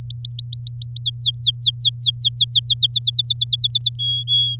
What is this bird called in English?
Domestic Canary